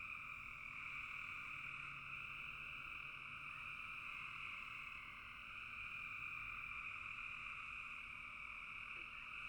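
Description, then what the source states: Steady frog chorus, many callers blending into a continuous two-toned drone that dips briefly midway. Frogs in a bog.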